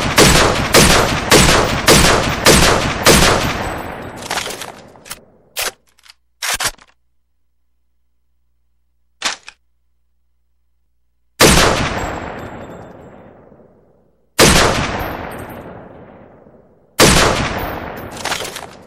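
Rifle shots crack sharply, a rapid volley of about eight in the first five seconds, then scattered single shots with long, ringing decays and silence between.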